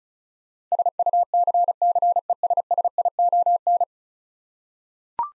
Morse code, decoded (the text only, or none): SUCCESSION